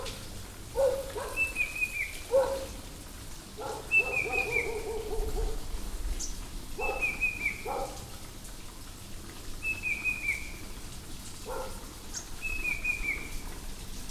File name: cuckoo-banded-bay -Cacomantis-sonneratii